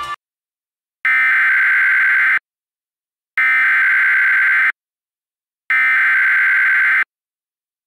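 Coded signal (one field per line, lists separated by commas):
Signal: Emergency Alert System (SAME) tones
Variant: header bursts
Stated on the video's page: Reenactment mock of a Severe Thunderstorm Warning from NWS Lubbock TX, containing valid EAS tones.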